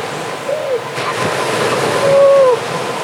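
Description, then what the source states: Grey seal giving two wavering moaning calls, the second longer, over steady surf and wind. Grey seals squabbling at Horsey Gap.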